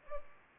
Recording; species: mosquito wingbeat signal from an infrared sensor; Culex pipiens